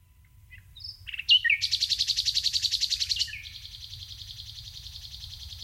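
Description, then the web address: Common nightingale song, a few whistles leading into a loud rapid pulsed trill, then a softer continuing buzz over low background rumble. "SETE data Luscinia megarhynchos"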